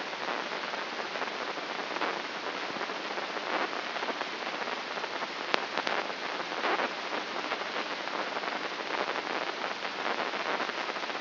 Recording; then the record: brain microelectrode recording played as sound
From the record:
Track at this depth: inside the subthalamic nucleus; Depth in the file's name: 5.829 mm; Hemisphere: left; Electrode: 3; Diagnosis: Parkinson's disease